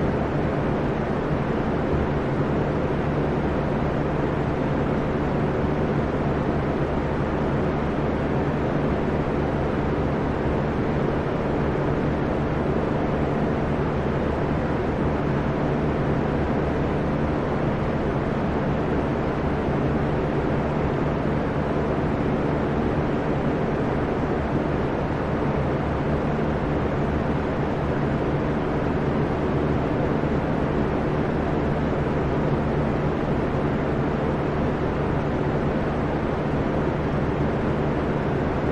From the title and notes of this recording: Box Fan Sleep Sounds White Noise.